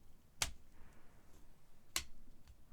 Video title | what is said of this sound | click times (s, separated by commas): Converting your HPI Savage X or XL with the Draco Electric Conversion Kit | and then you'll hear a click | 0.4 s, 2.0 s